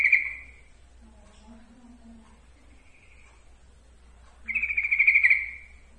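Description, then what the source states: Yellow-vented bulbul song: a trill fading out at the start, quiet low notes, then a strong, fast pulsing trill lasting about a second. Trucukan song, for masteran training.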